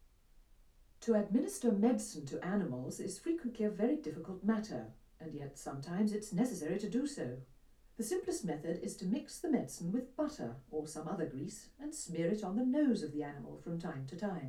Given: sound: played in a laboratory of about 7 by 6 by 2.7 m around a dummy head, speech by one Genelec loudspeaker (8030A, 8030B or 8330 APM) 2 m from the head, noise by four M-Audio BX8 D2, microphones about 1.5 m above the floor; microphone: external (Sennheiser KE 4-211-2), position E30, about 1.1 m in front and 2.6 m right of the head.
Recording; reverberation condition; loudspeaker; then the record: female speech in English; low; 30 degrees to the left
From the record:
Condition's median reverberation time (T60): about 310 ms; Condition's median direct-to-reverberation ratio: about 3.5 dB